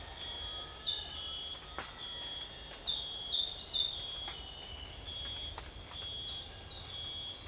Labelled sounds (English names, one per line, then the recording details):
none
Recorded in dense forest near Puerto Asís, Putumayo, Colombia, on 19 February 2024 at 06:00
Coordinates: 0.496, -76.326
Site G6383